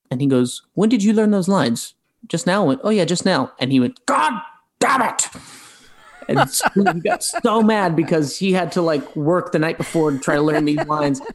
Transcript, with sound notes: And he goes, when did you learn those lines? Just now? I went, oh, yeah, just now. And he went, God damn it.
(Laughter).
And he got so mad because he had to, like, work the night before to try to learn these lines.